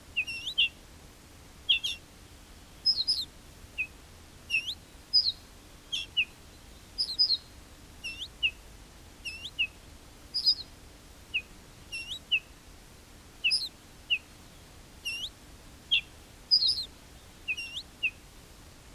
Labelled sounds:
Ortolan Bunting (Emberiza hortulana) alarm call

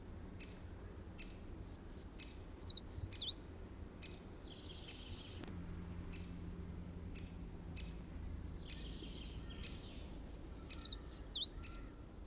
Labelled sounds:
Eurasian Treecreeper (Certhia familiaris) song

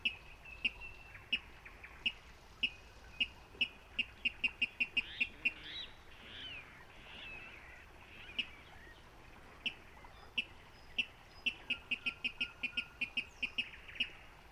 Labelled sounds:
Water Rail (Rallus aquaticus)

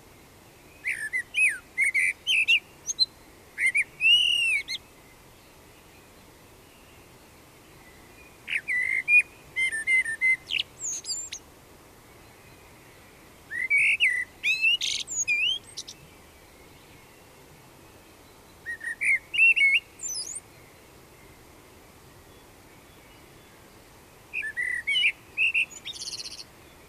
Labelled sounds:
Common Blackbird (Turdus merula) song

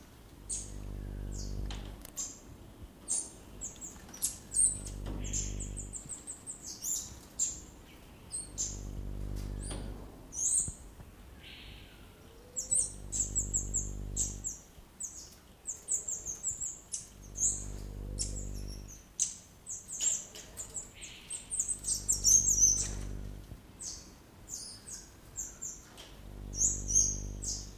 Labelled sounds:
Variable Sunbird (Cinnyris venustus) call

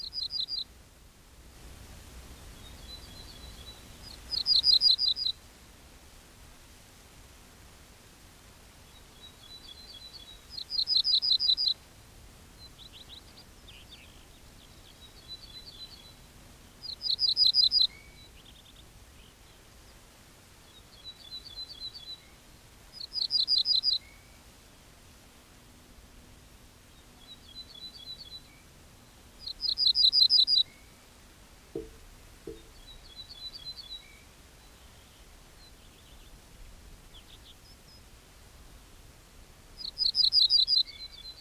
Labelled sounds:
Ortolan Bunting (Emberiza hortulana)

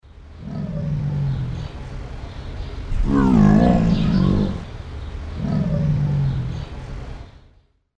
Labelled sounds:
Leopard (Panthera pardus)

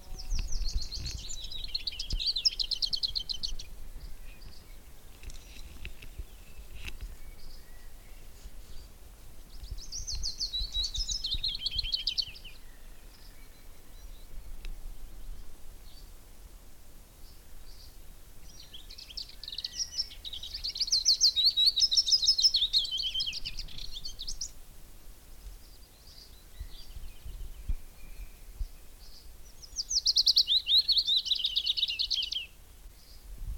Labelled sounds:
Lesser Whitethroat (Sylvia curruca)

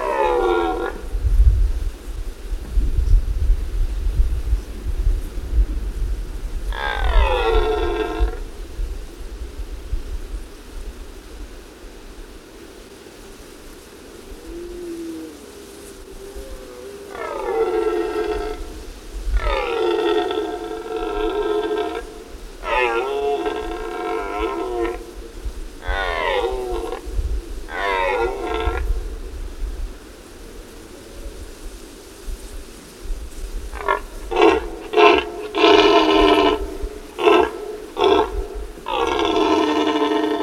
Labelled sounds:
Red Deer (Cervus elaphus) call

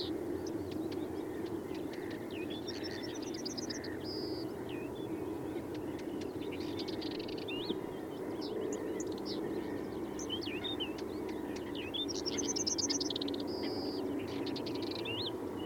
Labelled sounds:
European Stonechat (Saxicola rubicola) song

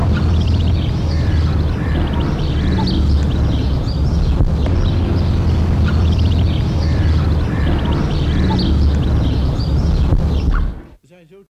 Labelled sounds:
Egyptian Goose (Alopochen aegyptiaca) call

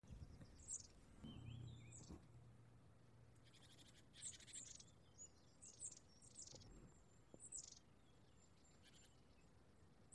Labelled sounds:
Long-tailed Tit (Aegithalos caudatus) call

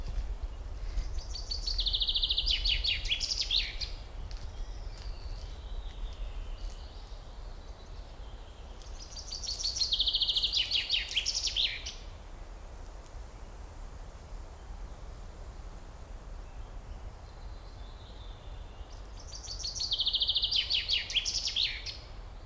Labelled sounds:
Common Chaffinch (Fringilla coelebs) song

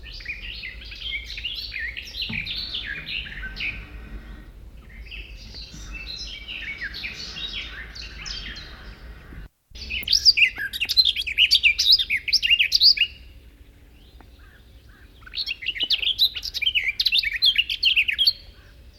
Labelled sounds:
Garden Warbler (Sylvia borin) song

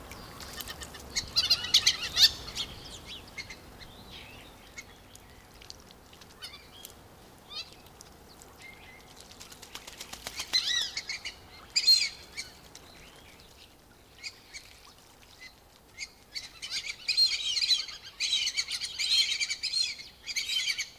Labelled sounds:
Fulvous Whistling Duck (Dendrocygna bicolor) call

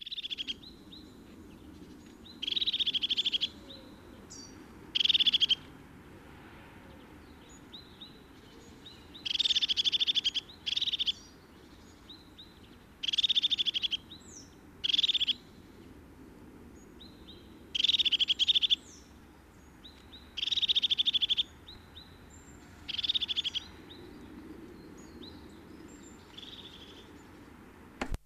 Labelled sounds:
Great Tit (Parus major) call

